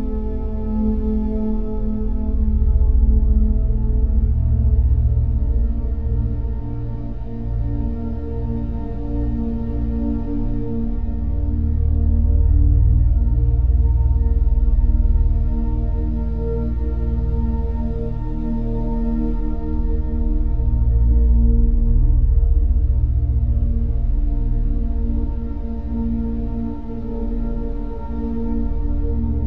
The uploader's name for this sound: Rumbling Sleep Solfeggio Frequency 432Hz